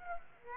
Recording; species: mosquito wingbeat signal from an infrared sensor; Aedes aegypti